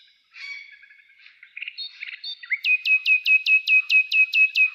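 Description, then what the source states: Common nightingale singing soft varied notes that build into a loud, fast series of sharp downslurred notes. Nightingale trill.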